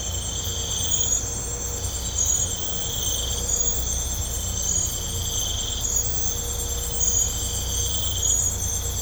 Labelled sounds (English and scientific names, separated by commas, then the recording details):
none
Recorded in pastures near Puerto Asís, Putumayo, Colombia, on 16 December 2024 at 04:30
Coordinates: 0.502, -76.324
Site G077